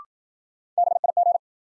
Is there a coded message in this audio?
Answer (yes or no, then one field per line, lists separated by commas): yes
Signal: Morse code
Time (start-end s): 0.8-1.4 s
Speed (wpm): 53 wpm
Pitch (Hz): 700 Hz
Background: none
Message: BIG